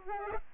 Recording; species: mosquito wingbeat signal from an infrared sensor; Aedes albopictus